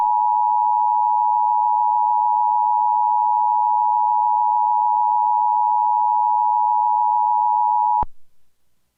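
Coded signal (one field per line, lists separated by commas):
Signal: Emergency Alert System (SAME) tones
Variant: 853 and 960 Hz attention tone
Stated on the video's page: Fictional EAS mock, not a real broadcast; may contain valid EAS tones.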